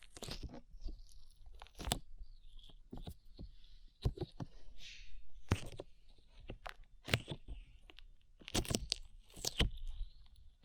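Slime being squished, with sharp wet crunching pops every second or so over a soft sticky crackle and low rumble.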